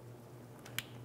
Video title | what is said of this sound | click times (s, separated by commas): How to Replace Radiator 2011-2018 Volkswagen Jetta | I got a nice click, I'm going to give it a tug. | 0.8 s